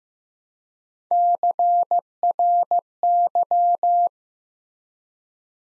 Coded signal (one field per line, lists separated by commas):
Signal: Morse code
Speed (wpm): 15 wpm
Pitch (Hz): 700 Hz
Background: none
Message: CRY